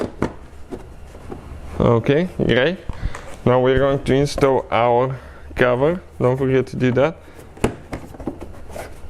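After Auxbeam LED headlight bulbs are installed on a BMW F30/F31/F32/F33/F36, a plastic dust cover is being handled and pushed toward the headlight housing, with a couple of sharp taps at the start, someone talking through the middle, and a few short knocks near 7.6, 7.9 and 8.3 seconds. The clip ends before the cover goes home, so nothing has seated or snapped in yet.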